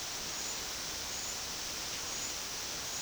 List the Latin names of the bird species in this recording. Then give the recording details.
none. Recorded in secondary vegetation near Puerto Asís, Putumayo, Colombia, on 21 February 2024 at 11:30. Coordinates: 0.472, -76.331. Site G6371